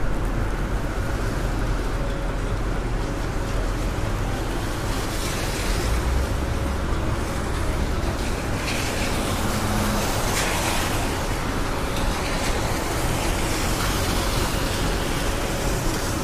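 Rain falls steadily over a city street, a dense, even hiss that never lets up. Beneath it runs a constant low rumble of traffic, with passing vehicles swelling the wash slightly around six, nine and eleven seconds. A faint steady hum persists throughout.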